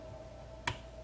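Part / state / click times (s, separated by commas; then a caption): screw into plastic keyboard case thread / seated / 0.7 s. A screw going back into the plastic keyboard housing of an Amiga 600 is turned counterclockwise until it drops into the existing original thread start, so it follows the original threads and doesn't cross-thread and strip them. A single short, sharp click is heard at 0.7 s over a faint steady hum as the screw falls into the hole and seats, after which it is turned clockwise.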